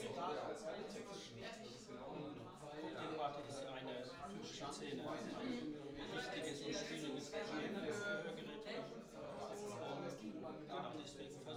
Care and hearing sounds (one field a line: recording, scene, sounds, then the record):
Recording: everyday scene through a hearing-aid microphone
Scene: many people talking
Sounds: many voices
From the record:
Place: bistro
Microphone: in the ear canal, right